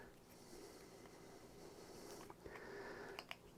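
A threaded plumbing fixture fitting is turned backwards on a Teflon-taped male pipe thread, with a low steady hiss and faint rubbing underneath. The thread start drops into place with small clicks at 3.2 s and 3.3 s, showing it has seated before tightening forward to avoid cross-threading.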